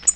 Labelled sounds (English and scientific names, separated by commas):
Tennessee Warbler (Leiothlypis peregrina) flight call